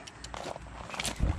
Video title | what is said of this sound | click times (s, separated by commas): How To Install Front Rotors And Pads On A Nissan Rogue! | You hear it snap. | 1.0 s